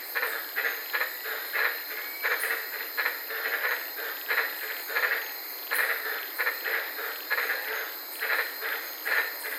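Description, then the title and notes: Chorus of white-lipped tree frogs, short barking calls repeated in quick overlapping series over a continuous hiss. Several frogs calling at night in the Daintree rainforest, Queensland; recorded while sitting in a car. "White Lipped Frog Podcast. I was sitting in my car in the Daintree rainforest in Queensland this night and fell asleep listening to these amazing White lipped frogs"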